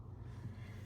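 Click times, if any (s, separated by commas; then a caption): none. A small plastic cabin-filter access door on a Ford Bronco is handled as it swings toward the dash housing, with only a steady low hum and faint background noise heard. The door has not snapped or seated into place yet.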